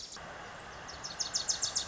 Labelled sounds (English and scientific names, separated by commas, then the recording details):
Wilson's Warbler (Cardellina pusilla)
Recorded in Sonoma County, California